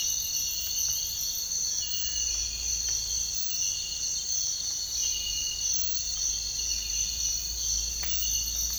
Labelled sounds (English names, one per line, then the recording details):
none
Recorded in dense forest near Puerto Asís, Putumayo, Colombia, on 21 March 2025 at 06:00
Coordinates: 0.484, -76.317
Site G064